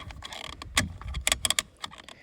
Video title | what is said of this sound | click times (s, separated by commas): What I like and don’t like about my Toyota Aygo | But sometimes it just refuses to lock. Example there. | none